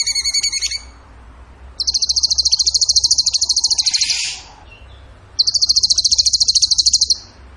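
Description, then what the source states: Bird song opening with a brief ringing, harmonic-rich note, followed by two long, fast, high-pitched rattling trills, the first ending in a slurred buzzy tail. Masteran (training song for caged songbirds) in the tembakan gacor song style.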